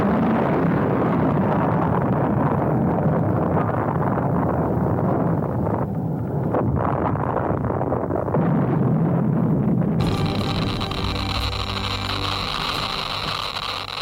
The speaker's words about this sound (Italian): Sta per avere inizio l'esperimento per la più grande esplosione della storia.